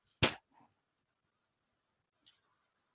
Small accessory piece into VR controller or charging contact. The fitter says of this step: because you can Alright. hear it snap in when you can hear it click in when I put it in there.